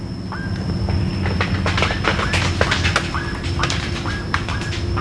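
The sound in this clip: Bird calling with short hooked notes near the middle pitch, scattered among sharp clicks and knocks over a steady low mechanical hum and a faint high whine.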